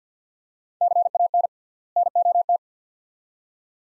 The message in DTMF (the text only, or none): none